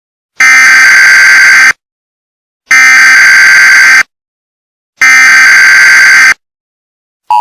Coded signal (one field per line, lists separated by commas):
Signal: Emergency Alert System (SAME) tones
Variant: header bursts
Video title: EAS Scenario 13: The Night Of The Yanderes 2: The Return of the Yanderes